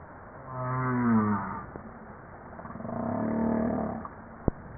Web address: JASA 2013 Blue Bowhead Fin Humpback Southern Right Whale humpback